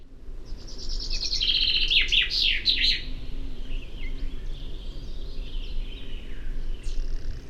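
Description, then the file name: Common chaffinch song: a bright descending trill of rapid notes ending in a sharp flourish, heard once, with a low steady rumble underneath. "Fringilla coelebs"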